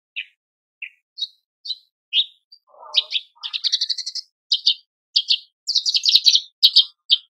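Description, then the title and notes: Horsfield's bush lark singing: spaced single chirps building into dense, rapid twittering phrases with a short lower rattle midway. Very lively (super gacor), continuous branjangan singing, used as a masteran recording for training cage birds. "MASTERAN AMPUH KICAUAN BRANJANGAN SUPER GACOR. cucak jenggot"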